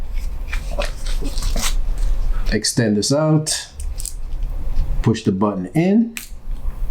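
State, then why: Not seated. Someone talks while handling a Samsung Galaxy Watch band, extending its quick-release pin and pushing the button in to fit it into the smartwatch lug on the second side. Soft handling taps and brief ticks sound throughout. Nothing has seated or clicked into place yet.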